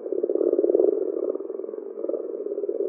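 Common frog croaking: a steady, low, purring stream of rapid pulses that swells and fades slightly over about three seconds, with no other sounds heard.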